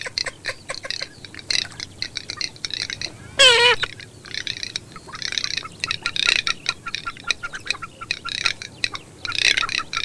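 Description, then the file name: Garganey giving dry, crackling rattles in short bursts of rapid clicks, repeated throughout, with a brief falling note early on. "MARZAIOLA"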